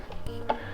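The push-button stainless steel clasp on the rubber strap of a Movado Sapphire Synergy men's watch, model 0606780, is released to take the watch off. A couple of faint taps come first, then a sharp click at 0.5 s as the quick-release clasp pops open.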